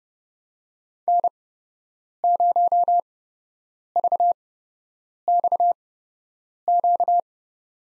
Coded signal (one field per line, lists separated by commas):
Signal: Morse code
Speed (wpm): 30 wpm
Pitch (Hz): 700 Hz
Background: none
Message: N0VXQ